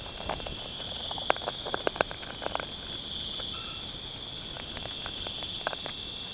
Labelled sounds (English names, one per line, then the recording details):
none
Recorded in pastures near Puerto Asís, Putumayo, Colombia, on 25 June 2025 at 20:30
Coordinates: 0.496, -76.326
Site GP01